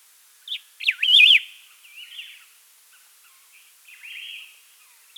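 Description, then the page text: Variegated laughingthrush song, a short note then a loud wavering whistled phrase, followed by softer warbled notes and a quieter burst near the end. "Variegated Laughingthrush Song. Quick Sounds"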